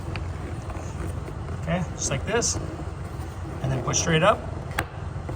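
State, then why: Seated. A plastic retainer clip is pushed straight up onto the air box base of a Suzuki SX4 while someone talks, with low background rumble. The clip locks into place with a sharp snap at 4.8 s.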